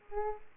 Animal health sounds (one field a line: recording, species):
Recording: mosquito wingbeat signal from an infrared sensor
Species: Aedes aegypti